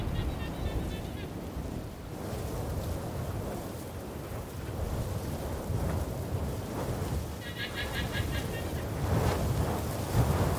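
Wind roars steadily across the microphone, a dense low buffeting that swells and eases without stopping. Two short, bright wavering calls cut through, one at the very start and another around eight seconds, likely sheep bleating over the gusts.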